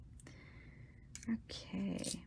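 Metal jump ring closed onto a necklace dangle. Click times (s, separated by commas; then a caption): 1.1 s. A metal jump ring is closed flush with pliers onto a beaded necklace dangle. Faint ticks come at 0.2 and 0.3 s, then a sharp little click at 1.2 s as the ring seats in place. Someone talks right after.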